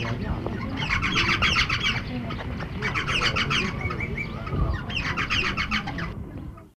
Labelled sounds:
Eastern Rosella (Platycercus eximius) call
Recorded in captivity
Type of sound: call
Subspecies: ceciliae
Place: Vogelpark Walsrode, Niedersachsen, DE
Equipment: Halbspur, 9,5 cm/s
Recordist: Lütgens, Hans
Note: Im Streit

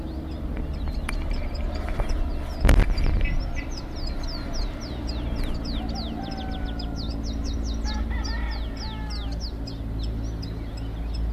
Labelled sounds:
Canary Islands Chiffchaff (Phylloscopus canariensis) song
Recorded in the wild
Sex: male
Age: adult
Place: Bonanischer Garten über Puerto de la Cruz, Teneriffa, Teneriffa, Kanarische Inseln, ES
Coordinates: 28.4117, -16.5358
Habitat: park
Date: 1964-04-27 15:20
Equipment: Nagra III PH, LGS26
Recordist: Sapper

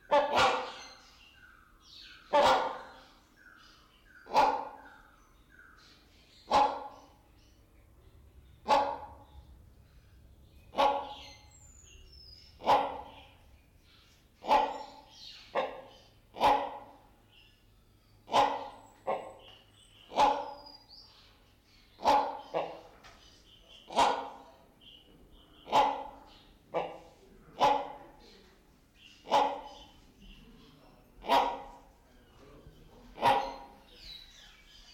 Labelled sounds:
Great Hornbill (Buceros bicornis)
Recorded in captivity
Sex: pair
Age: adult
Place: Zoo Berlin, Berlin, DE
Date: 1992-12-05 10:54
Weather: schwach sonnig, ca. 4°C
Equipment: Marantz CP 430, Sennheiser ME 80, Kopie Tesla B 116
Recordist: Tembrock, Günter
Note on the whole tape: Männchen: große Rufreihe, Weibchen fällt zeitweise ein (ca. 2 m)

